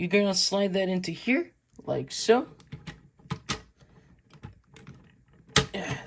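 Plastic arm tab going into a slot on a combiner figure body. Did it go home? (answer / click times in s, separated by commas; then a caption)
yes / 5.6 s. Someone talks while a plastic tab on the arm figure is slid into a slot on the combiner figure body, with small scraping and tapping sounds as it goes in. A sharp click at 5.6 s marks the tab locking into place.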